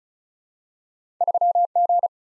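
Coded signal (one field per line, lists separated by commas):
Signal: Morse code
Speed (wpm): 36 wpm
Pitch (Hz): 700 Hz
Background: none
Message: 3 G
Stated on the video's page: Morse practice drill of random two-character letter and number groups at 35 wpm, each sent in Morse, then spoken, then sent again, for head-copy.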